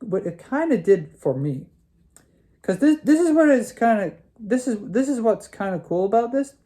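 A plastic transforming action figure part is handled near its mating piece while someone talks. A brief faint tap sounds at about 2.2 seconds in a pause in the talking. Nothing has seated or clicked into place yet.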